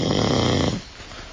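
A single loud, rough, rattling snore from an adult man, lasting under a second, then quiet; ordinary snoring.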